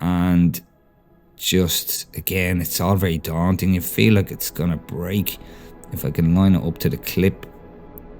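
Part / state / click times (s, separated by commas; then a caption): interchangeable jaw into the head of an action figure / seated / 8.0 s. Someone talks while lining up the interchangeable plastic jaw from the side with the clip inside the head of a Hot Toys Scorched Xenomorph action figure, a step that feels like it could break the part. A short, sharp click at 8.0 s marks the jaw snapping into place, seated in the fixed open-mouth position.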